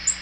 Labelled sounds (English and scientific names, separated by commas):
Black-throated Green Warbler (Setophaga virens) flight call